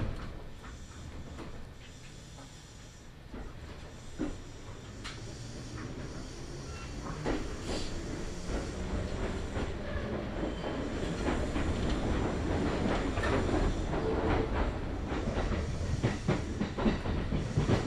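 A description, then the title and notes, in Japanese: A Kintetsu Nagoya Line local train rumbles along, its low roar growing steadily louder after about eight seconds, with scattered clicks and clacks throughout. 近鉄名古屋線各駅停車 塩浜→白子。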